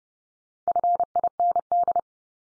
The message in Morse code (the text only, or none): FIND